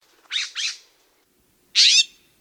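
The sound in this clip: Blue Jay harsh calls: two quick raspy notes close together, a pause, then a third longer, harsh note.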